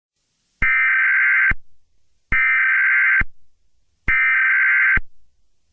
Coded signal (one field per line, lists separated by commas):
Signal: Emergency Alert System (SAME) tones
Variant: header bursts